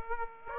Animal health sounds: mosquito wingbeat signal from an infrared sensor; Aedes aegypti

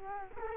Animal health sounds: mosquito wingbeat signal from an infrared sensor; Culex quinquefasciatus

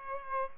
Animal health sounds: mosquito wingbeat signal from an infrared sensor; Aedes aegypti

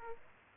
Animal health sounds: mosquito wingbeat signal from an infrared sensor; Aedes aegypti

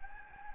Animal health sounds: mosquito wingbeat signal from an infrared sensor; Anopheles gambiae

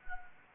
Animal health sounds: mosquito wingbeat signal from an infrared sensor; Anopheles gambiae

